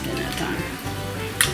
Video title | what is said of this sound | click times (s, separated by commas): Remote Control Cobra From Five Below Review 🐍 | it doesn't snap it it makes a snaping noise but it doesn't stay snapped in | 1.4 s